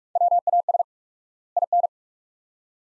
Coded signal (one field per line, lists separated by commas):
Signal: Morse code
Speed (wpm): 46 wpm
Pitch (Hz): 700 Hz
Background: none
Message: WAS IN